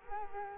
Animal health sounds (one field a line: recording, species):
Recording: mosquito wingbeat signal from an infrared sensor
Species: Culex quinquefasciatus